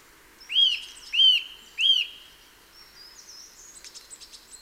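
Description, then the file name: Eurasian nuthatch uttering three loud, evenly spaced whistled notes, each briefly arched, followed by soft high chirps. "Sitta europaea"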